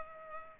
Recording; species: mosquito wingbeat signal from an infrared sensor; Culex pipiens